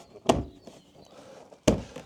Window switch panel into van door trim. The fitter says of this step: And this just snaps back in.